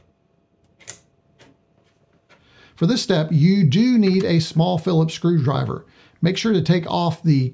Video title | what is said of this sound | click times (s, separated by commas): Clockwork Pi DevTerm - TRS-80 Model 100 Inspired Cyberdeck! | you slide it in at an angle and then slowly lower it until it clicks under the holders | 0.9 s